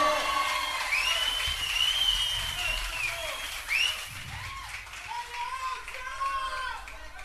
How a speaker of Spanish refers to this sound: Ya saludamos a la gente de Rawson, que nos dio la oportunidad de grabar material en vivo acá. Loco, el aplauso para la gente de Rawson, carajo.